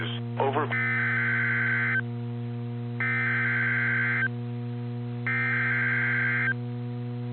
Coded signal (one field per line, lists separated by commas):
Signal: Emergency Alert System (SAME) tones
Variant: header bursts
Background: speech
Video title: EAS Mini-Timeline Upper-Midwest Blizzard and Snow Squall Warnings NOAA Weather Radio